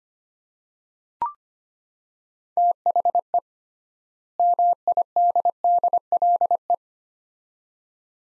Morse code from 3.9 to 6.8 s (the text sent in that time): MIDDLE